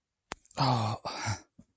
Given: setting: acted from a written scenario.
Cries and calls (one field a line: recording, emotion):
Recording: vocal sound without words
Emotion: relief